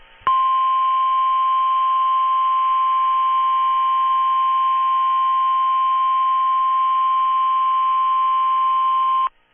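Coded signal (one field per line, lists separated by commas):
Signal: Emergency Alert System (SAME) tones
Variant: 1050 Hz attention tone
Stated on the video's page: EAS bulletin tones for a Florida flash flood warning from a hurricane.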